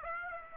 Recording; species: mosquito wingbeat signal from an infrared sensor; Aedes aegypti